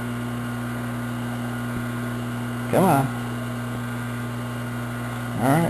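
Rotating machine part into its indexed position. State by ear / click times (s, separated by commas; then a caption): not seated / none. A metal machine part is spun around by hand, trying to get it to click into its indexed position, over a steady low hum. Someone talks twice, with a brief rise at about 2.8 s and again near 5.5 s. No click is heard, and the part has not seated in its indexed position yet.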